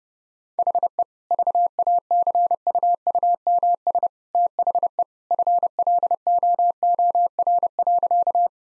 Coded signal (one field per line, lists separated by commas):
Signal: Morse code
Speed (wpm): 30 wpm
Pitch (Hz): 700 Hz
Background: none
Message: HE VACUUMS THE FLOOR.